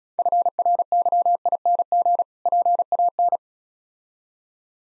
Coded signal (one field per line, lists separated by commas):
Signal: Morse code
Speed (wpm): 34 wpm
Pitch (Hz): 700 Hz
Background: none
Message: FRYING PAN